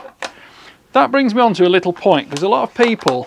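A re-cocked, stripped bolt slides back into the action of a Sauer 404 Silence XTC rifle, giving a single sharp click at 0.2 s as it seats. Someone then talks.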